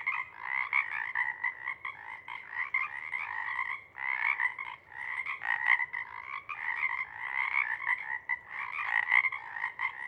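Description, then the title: Pacific chorus frogs calling en masse, rapid overlapping croaks, with a brief lull near four seconds before the chorus resumes. Pond chorus in pre-morning twilight as late night wanes; temperature torpor sets in and individuals leave to hunt; chorus breaks into successive waves circling the pond, then long staccato sections tapering away. "Chorus Frogs, Chorus Waxes and Wanes, pre-morning-twilight"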